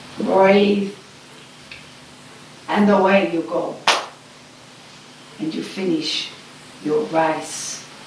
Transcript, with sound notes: breathe – and away you go. (claps the hands) And you finish your race.